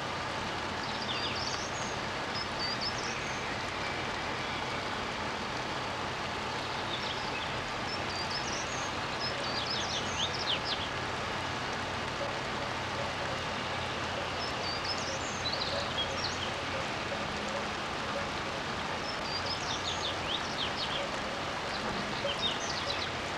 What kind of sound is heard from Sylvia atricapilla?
song